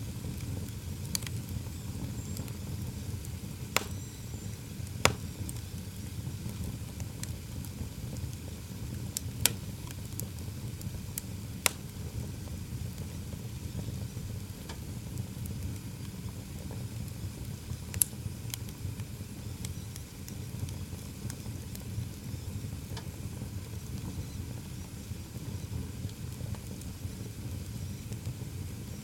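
An open fire burns with a steady low rumble, broken by sharp crackles and pops every few seconds, some louder around five and twelve seconds.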